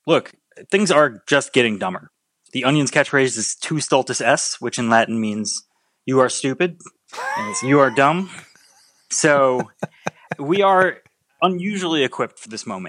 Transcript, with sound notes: Look, things are just getting dumber. The Onion's catchphrase is tu stultus es, which in Latin means you are stupid... (Laughter) ...Means you are dumb. So we are unusually equipped for this moment.